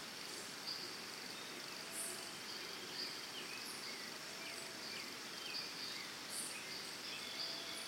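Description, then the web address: Steady high cricket trilling runs throughout, while birds add short whistled and chirped notes at irregular intervals against a dense insect background. Early morning in Costa Rica, forest and jungle ambience. "Big Room Sound Birds Crickets Costa Rica Early Morning"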